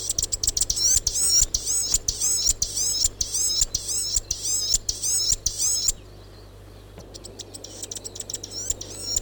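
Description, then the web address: Chatham Island fantail song: high, wheezy, rhythmic chirps repeated rapidly, mixed with sharp ticking clicks, then a pause and a faint return. "bird-song chatham-island-fantail"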